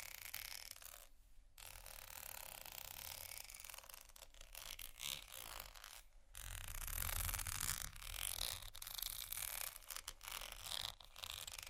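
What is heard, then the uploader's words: Dry scratching and crinkling on vinyl with slow tapping, dense bright rustle broken by brief pauses near two and six seconds. Vinyl, Metal, Slow, Tapping, Scratching, Dry Hands, Crinkle (No Talking).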